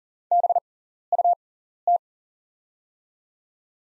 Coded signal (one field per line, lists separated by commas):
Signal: Morse code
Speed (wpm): 40 wpm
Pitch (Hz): 700 Hz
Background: none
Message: BUT